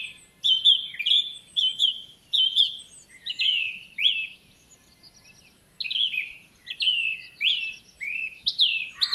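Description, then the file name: Eurasian blackcap song: short bursts of clear, down-slurred whistled notes, delivered in groups with brief silences between them. "Sylvia atricapilla"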